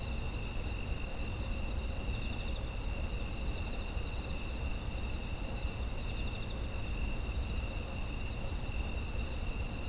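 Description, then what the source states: Insects trilling continuously, a layered band of high pulsing tones that never stops, with a deep steady background rumble underneath. Autumn insect environmental ambience.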